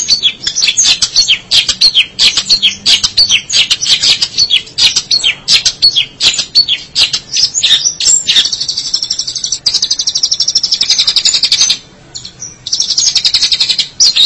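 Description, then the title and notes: Long-tailed Shrike song as a dense, continuous, high-pitched chatter of rapid scratchy notes, briefly pausing near the end before resuming. "Suara burung pentet"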